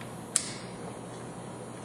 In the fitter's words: making sure to get a good solid click that